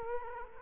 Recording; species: mosquito wingbeat signal from an infrared sensor; Culex quinquefasciatus